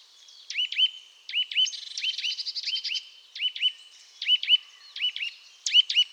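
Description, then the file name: Eurasian nuthatch giving clipped upswept calls in pairs and threes, repeated at short intervals, while a fast high trill runs briefly between them. "Sitta europaea"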